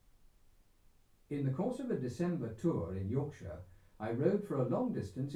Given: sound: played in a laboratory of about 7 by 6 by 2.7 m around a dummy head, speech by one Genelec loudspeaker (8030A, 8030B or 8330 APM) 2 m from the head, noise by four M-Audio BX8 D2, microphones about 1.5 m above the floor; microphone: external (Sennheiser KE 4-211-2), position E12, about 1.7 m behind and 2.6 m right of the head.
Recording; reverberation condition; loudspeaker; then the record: male speech in English; low; 150 degrees to the right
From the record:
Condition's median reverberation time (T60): about 310 ms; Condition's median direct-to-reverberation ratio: about 3.5 dB